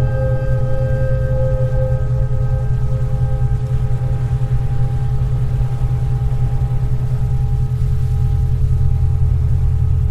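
Steady low rumbling noise with a constant deep hum beneath, faint steady tones running through, unchanging level throughout the ten seconds.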